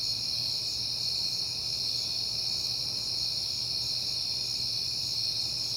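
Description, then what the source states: Crickets sing a steady, shrill, overlapping trill without pause, with a faint low hum underneath. Recorded on a peaceful night in September.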